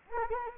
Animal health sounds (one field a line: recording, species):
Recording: mosquito wingbeat signal from an infrared sensor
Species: Anopheles gambiae